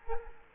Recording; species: mosquito wingbeat signal from an infrared sensor; Culex quinquefasciatus